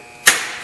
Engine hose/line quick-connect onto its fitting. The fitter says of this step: When you push them back in, they usually just snap right in place. You'll hear it. It locks back in.